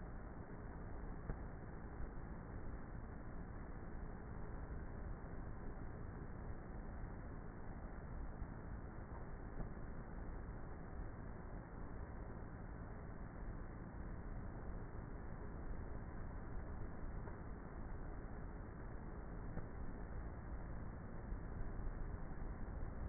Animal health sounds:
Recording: honeybee colony, microphone inside the hive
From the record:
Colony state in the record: queenless with a low population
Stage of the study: before two queens were removed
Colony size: about 30,000 bees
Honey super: no

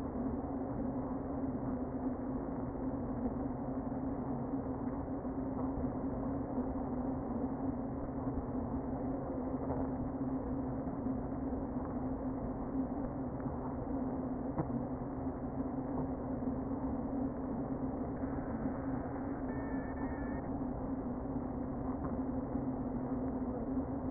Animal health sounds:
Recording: honeybee colony, microphone inside the hive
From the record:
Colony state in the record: queen present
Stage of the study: before two queens were removed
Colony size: about 60,000 bees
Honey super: yes

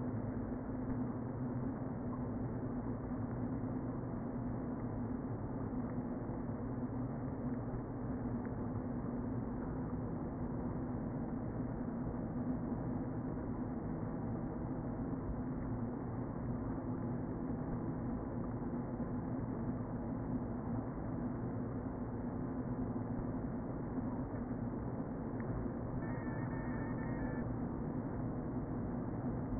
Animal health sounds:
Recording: honeybee colony, microphone inside the hive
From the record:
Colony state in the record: queen present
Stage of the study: before two queens were removed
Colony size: about 60,000 bees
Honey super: yes

